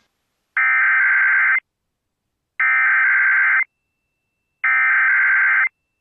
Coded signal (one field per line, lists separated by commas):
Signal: Emergency Alert System (SAME) tones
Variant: header bursts